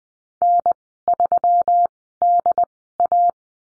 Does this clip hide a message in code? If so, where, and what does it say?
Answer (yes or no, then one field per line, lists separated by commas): yes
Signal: Morse code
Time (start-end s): 0.4-3.3 s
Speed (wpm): 20 wpm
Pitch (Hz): 700 Hz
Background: none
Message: N3DA